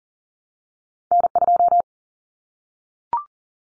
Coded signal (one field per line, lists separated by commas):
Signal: Morse code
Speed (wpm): 40 wpm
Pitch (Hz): 700 Hz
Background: none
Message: N2